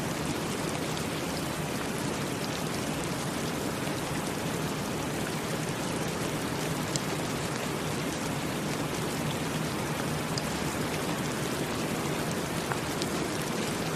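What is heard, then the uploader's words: Steady, dense rain hisses without pause for the whole stretch, with faint scattered drop ticks and no other sounds rising above it. Rainy Bliss: Experiencing the Serene Rain.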